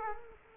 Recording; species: mosquito wingbeat signal from an infrared sensor; Culex quinquefasciatus